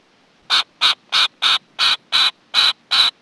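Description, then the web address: Bird calls: eight harsh, raspy squawks delivered in a steady series, roughly three per second, with quiet gaps between them and nothing else heard. North American bird. "Peterson North American Birds"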